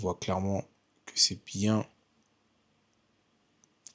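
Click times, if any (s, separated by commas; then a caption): 3.6 s, 3.9 s. Someone talks, then after a quiet stretch an installer presses a 12.3-inch aftermarket Mekede Navifly DUDU7 head unit screen into its plastic dashboard housing in a Peugeot 3008 GT. Two short, sharp clicks sound at 3.6 s and 3.9 s, and the screen is properly clipped in and seated.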